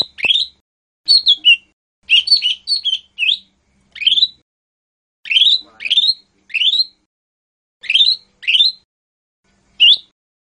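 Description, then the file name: Lesser green leafbird song: short bright chirps and rising whistled notes, single or in short bursts with brief pauses, repeated throughout. "cucak hijau mini. omkicau"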